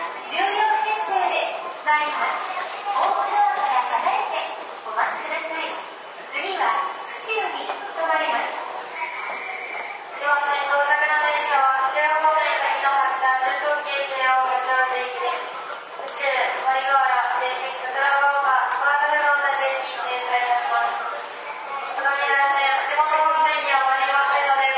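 Aboard a Toei 10-300 series train, a woman's voice speaks almost continuously, thin and bright, with brief pauses and no rumble beneath.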